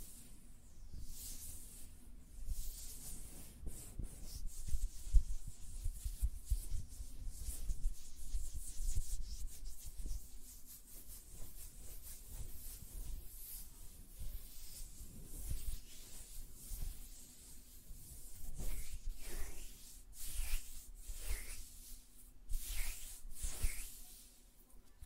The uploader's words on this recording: ASMR Tapping on Nails, Finger Fluttering, Hand Sounds (No Talking).